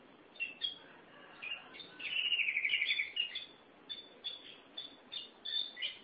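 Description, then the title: Oriental magpie-robin song with a rapid rattling trill followed by short clear whistled notes repeated at a quick pace over background hiss. "Suara Kicauan Burung Kacer Durasi Panjang"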